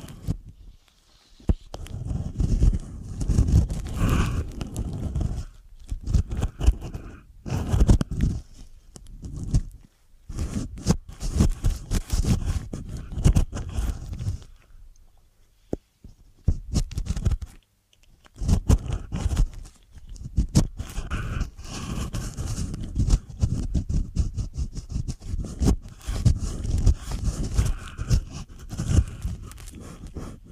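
Ear cleaning sounds in an irregular run of soft rustles, scrapes and crunchy crackles, coming in dense bursts with brief silent gaps near 2, 10, 15 and 18 seconds. The sound is mostly low and muffled, with occasional brighter scratchy ticks.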